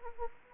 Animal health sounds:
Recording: mosquito wingbeat signal from an infrared sensor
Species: Anopheles arabiensis

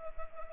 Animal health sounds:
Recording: mosquito wingbeat signal from an infrared sensor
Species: Culex pipiens

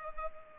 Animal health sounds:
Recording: mosquito wingbeat signal from an infrared sensor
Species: Culex pipiens

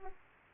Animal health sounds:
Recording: mosquito wingbeat signal from an infrared sensor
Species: Aedes aegypti

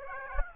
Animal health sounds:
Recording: mosquito wingbeat signal from an infrared sensor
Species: Aedes aegypti

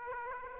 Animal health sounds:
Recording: mosquito wingbeat signal from an infrared sensor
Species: Aedes aegypti

